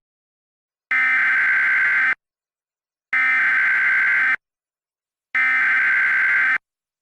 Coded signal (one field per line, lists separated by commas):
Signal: Emergency Alert System (SAME) tones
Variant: header bursts